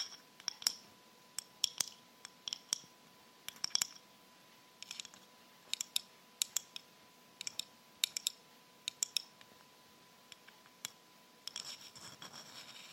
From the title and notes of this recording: ASMR Tapping With Rhinestone Fingers. TAPPING on many different surfaces.